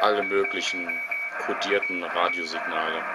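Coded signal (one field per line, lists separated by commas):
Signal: Morse code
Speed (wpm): 21 wpm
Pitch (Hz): 2250 Hz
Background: speech, radio noise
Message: 0 AT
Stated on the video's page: Shortwave amateur radio received on an ICOM IC-PCR1000 receiver controlled from a Palm organizer.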